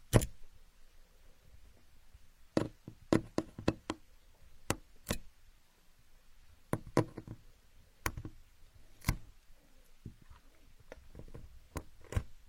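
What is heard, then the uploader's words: Wooden building blocks knock and clack together in irregular bursts, sometimes a single sharp tap, sometimes two or three in quick succession. Roughly twenty clicks spread over the twelve seconds, with short quiet gaps between them and a faint low hum underneath. Asmr, playing with building blocks.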